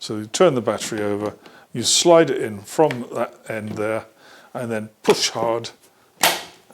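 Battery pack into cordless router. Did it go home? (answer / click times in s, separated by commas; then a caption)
yes / 6.2 s. Someone talks while an 18V battery pack is turned over, slid onto the plastic battery mount of a Trend 18V cordless router and pushed hard. A sharp click sounds at 6.2 s as the battery latches and seats in place.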